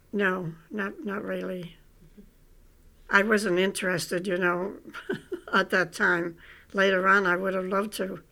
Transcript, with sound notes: No, not really. I wasn't interested, you know (she laughs) at that time. Later on I would have loved to.